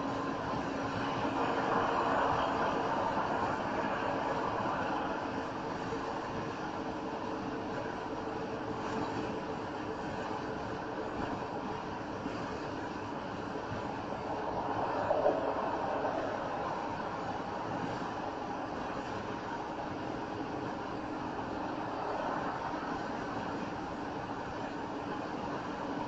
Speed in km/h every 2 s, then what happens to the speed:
95, 93, 93, 92, 90, 89, 89, 87, 87, 85, 84, 85, 84.
0-26 slows to 84.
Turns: none.